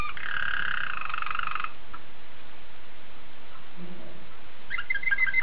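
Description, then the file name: Waterslager canary song: a steady, rolled tonal phrase held for about a second and a half, then a quiet gap and a few short notes at the end. "suara kenari waterslager"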